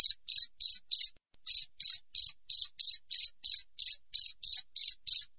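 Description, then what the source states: Cricket chirps, crisp high pulses evenly spaced about three per second, one short gap early on, otherwise continuous. Clean natural cricket recording with tightly spaced chirps, used as a master track for training songbirds and for repelling rats.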